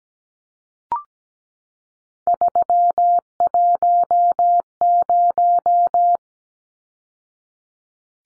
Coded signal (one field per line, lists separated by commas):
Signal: Morse code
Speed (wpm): 17 wpm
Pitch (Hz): 700 Hz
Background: none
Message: 310